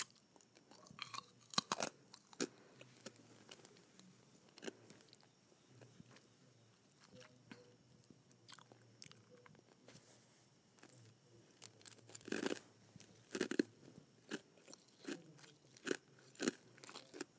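Ice is bitten and sucked, with sharp crunching snaps scattered irregularly through the clip, clustering near the start and again around twelve to fourteen seconds. Between bites come softer wet sucking and mouth sounds, with brief quiet gaps and a faint low hum underneath.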